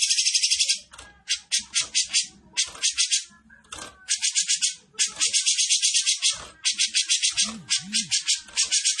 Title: Cucak Jenggot Besetan Gacor. Cucak Jenggot Besetan Dengan Suara Jernih